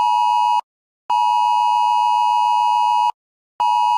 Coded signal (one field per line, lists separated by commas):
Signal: Emergency Alert System (SAME) tones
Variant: 853 and 960 Hz attention tone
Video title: A EAS Message To @stepdownAxelandberrybunny152